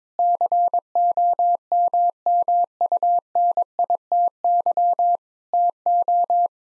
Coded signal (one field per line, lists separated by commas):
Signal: Morse code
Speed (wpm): 22 wpm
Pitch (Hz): 700 Hz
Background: none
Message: COMMUNITY TO